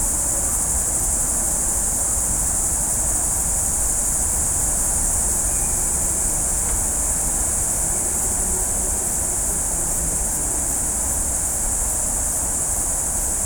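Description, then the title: Cicada song, a steady unbroken high-pitched hiss that holds level throughout, over a low rumbling background. At night in Azzone, Italy; over 8 hours of recording compressed into 11 minutes. "Azzone di Notte (Cicale)"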